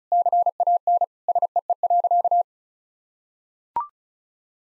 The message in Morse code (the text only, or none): CAN SEE.